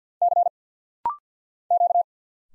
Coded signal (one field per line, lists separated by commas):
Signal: Morse code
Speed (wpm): 50 wpm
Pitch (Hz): 700 Hz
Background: none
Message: C Q